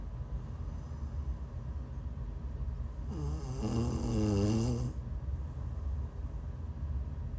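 One long snore, about two seconds, with a buzzing, wavering tone over a steady low background hum.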